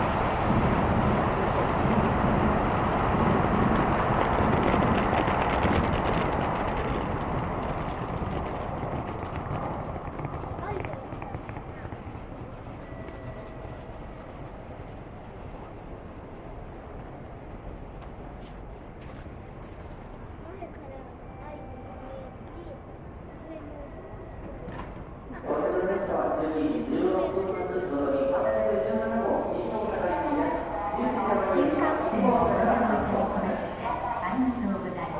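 Trains coming and going among people talking, with a loud rumbling roar in the first seconds that fades into a steadier hum. A faint tone runs through the middle, and around 25 seconds a busier stretch of voices and clatter starts abruptly and continues to the end.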